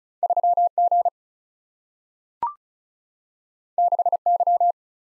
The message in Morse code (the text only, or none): 3 G 6 Y